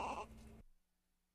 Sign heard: Baby crying.